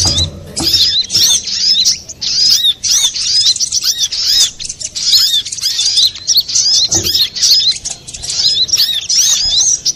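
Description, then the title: Little spiderhunter song: dense, high-pitched chattering of quick arched notes, nearly continuous with brief gaps, plus a few low thumps. Used to train cage birds; Indonesian name sogok ontong, labelled labaik. "Masteran Burung Sogok Ontong Labaik"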